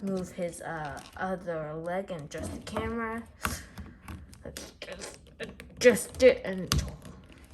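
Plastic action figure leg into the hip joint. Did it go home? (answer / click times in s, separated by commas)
no / none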